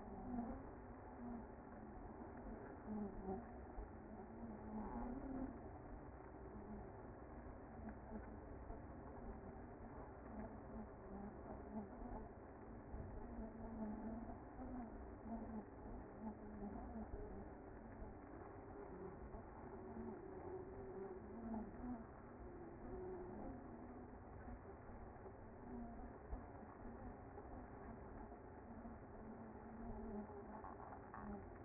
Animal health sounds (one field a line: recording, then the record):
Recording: honeybee colony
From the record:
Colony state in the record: active